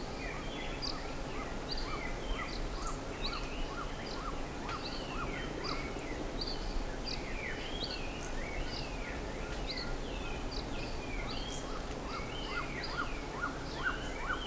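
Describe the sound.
Bird calls: short repeated notes with many higher downward-swooping whistles and chirps over steady background noise.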